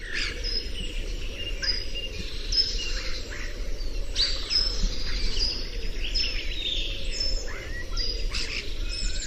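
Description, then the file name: Common starling singing repeated bursts of varied sharp whistles, slurred notes and clicks, over steady low rumbling background noise. "Etourneau"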